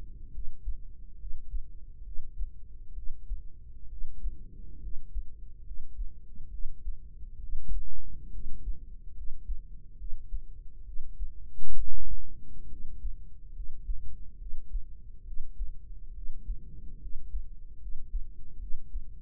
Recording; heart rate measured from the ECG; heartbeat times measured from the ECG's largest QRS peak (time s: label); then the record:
heart sounds by microphone in the right ear; 69 bpm
0.30 s: heartbeat
1.16 s: heartbeat
2.02 s: heartbeat
2.93 s: heartbeat
3.87 s: heartbeat
4.79 s: heartbeat
5.62 s: heartbeat
6.49 s: heartbeat
7.38 s: heartbeat
8.30 s: heartbeat
9.13 s: heartbeat
9.95 s: heartbeat
10.83 s: heartbeat
11.74 s: heartbeat
12.67 s: heartbeat
13.52 s: heartbeat
14.37 s: heartbeat
15.23 s: heartbeat
16.12 s: heartbeat
16.98 s: heartbeat
17.77 s: heartbeat
18.57 s: heartbeat
From the record:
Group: healthy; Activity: rest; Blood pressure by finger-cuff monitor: 93/67 mmHg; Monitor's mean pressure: 76 mmHg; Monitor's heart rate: 69 bpm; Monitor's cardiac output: 5.1 L/min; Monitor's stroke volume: 74 mL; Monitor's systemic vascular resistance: 1080 dyn s/cm5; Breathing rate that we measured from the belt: 14 breaths a minute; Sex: female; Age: 23 years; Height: 160 cm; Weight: 50.4 kg